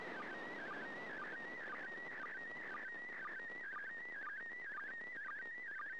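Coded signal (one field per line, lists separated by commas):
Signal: SSTV (slow-scan television)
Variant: PD120 mode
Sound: warbling, scratchy tone sweeping up and down with a steady ticking sync about twice a second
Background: radio static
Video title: 29th First Pass. Slow Scan Television (SSTV) images transmitted from the International Space Station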